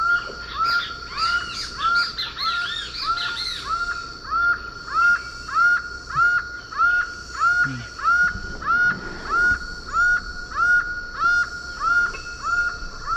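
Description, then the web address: Laughing falcon giving a fast, regular series of hollow, arched notes, nearly two per second; thin high chirps from other birds are heard early on. Eastern lowlands of South America. "Natures Songs S America Eastern Lowlands. Laughing Falcon"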